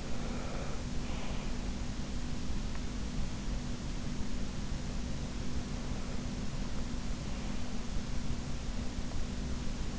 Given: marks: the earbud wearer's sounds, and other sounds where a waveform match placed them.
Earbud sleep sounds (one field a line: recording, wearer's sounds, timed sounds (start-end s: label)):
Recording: sounds in sleep by an in-ear microphone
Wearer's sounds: breath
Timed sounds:
0.00-1.80 s: breath